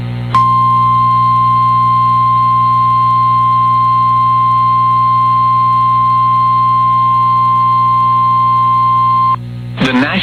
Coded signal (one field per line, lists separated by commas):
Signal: Emergency Alert System (SAME) tones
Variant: 1050 Hz attention tone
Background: speech